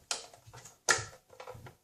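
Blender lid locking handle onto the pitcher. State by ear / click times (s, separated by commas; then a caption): seated / 0.1 s. The locking handle of a plastic Ninja Professional Blender 1000 lid is lowered onto the pitcher after the arrows on lid and pitcher are lined up. A sharp click at 0.1 s seats the lid in place, followed by a second, louder plastic knock at 0.9 s and softer rattles around 1.4–1.7 s.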